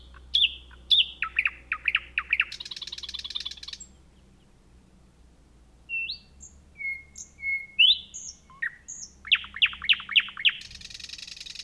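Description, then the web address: Thrush nightingale song: fast runs of loud, descending clicking notes, a harsh buzzing rattle, a brief pause, then thin whistles and another rapid series ending in buzz, over a low hum. Recorded 3 June 2016. "fagelljud 20160603 naktergal"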